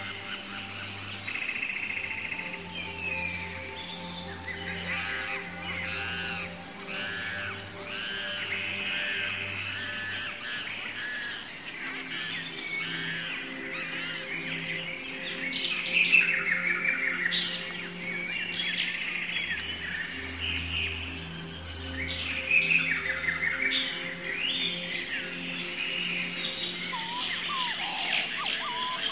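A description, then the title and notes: Dense tropical rainforest chorus of chirping birds and insects, with a steady high whine, low droning hums, and occasional louder calls near 16 and 23 seconds. 3 Hour Tropical Rainforest. Tropical rainforest sounds.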